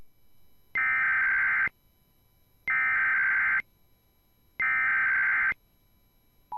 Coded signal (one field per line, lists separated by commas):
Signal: Emergency Alert System (SAME) tones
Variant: header bursts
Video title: IPAWSCAP Weeklies, 1 ADR & KLOX DMO (EAS 390-398)